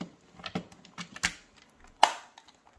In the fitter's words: on a entendu le clip